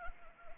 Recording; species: mosquito wingbeat signal from an infrared sensor; Anopheles arabiensis